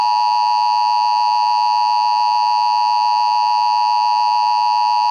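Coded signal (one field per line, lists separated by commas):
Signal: Emergency Alert System (SAME) tones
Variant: 853 and 960 Hz attention tone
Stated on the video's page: Simulated tornado warning EAS scenario, not a real alert.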